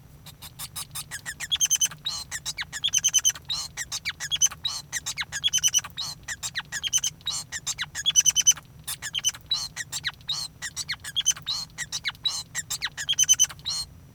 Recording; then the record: song of a male Bengalese finch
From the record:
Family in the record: son of father 5